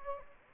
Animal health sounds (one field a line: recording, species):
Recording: mosquito wingbeat signal from an infrared sensor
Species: Anopheles gambiae